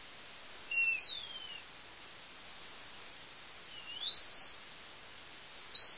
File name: Mouse Ultrasonic Song